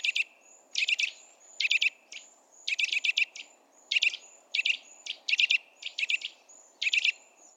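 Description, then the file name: Eurasian nuthatch producing quick clusters of high, hard chipping notes, spaced under a second apart, steady throughout. "Sitta europaea"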